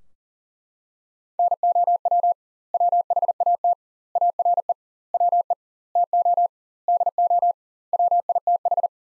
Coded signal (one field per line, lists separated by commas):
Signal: Morse code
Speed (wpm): 40 wpm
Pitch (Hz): 700 Hz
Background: none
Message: NOW WHAT ARE WE TO DO WITH